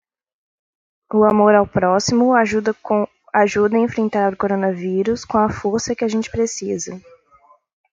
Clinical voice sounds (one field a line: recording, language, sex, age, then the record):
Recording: spoken sentence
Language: Brazilian Portuguese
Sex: female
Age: 20 to 29 years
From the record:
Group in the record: control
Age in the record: 23 years